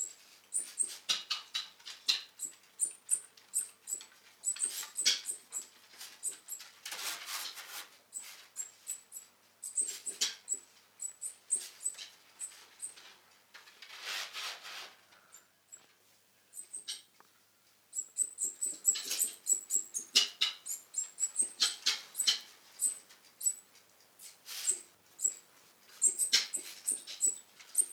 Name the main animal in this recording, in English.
South American Coati